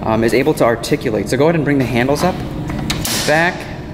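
Someone talks while the rear handles of an EMS stair chair are raised toward their locking position in the frame, with brief handling knocks and a metallic rattle near the end. The handles are not yet home, and the metal locking mechanism has not seated or clicked.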